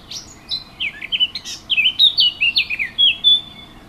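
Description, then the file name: Warbler song: a rich, rapid warbling phrase of varied slurred notes running for over three seconds and ending in a thin, drawn-out note. Recorded 15 June 2014 with an MZ-N710 recorder. "MZ-N 710 Fauvette 15 06 14"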